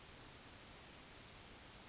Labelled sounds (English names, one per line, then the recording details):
Yellowhammer song
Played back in forest
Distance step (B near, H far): E
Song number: 051